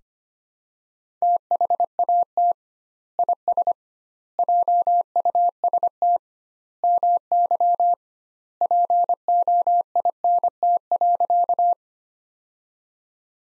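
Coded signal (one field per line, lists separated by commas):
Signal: Morse code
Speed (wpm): 25 wpm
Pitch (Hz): 700 Hz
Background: none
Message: THAT IS JUST MY POINT.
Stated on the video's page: Morse practice sentences from the top 200 words at 25 wpm with 2x standard word spacing, a Farnsworth-like method for words.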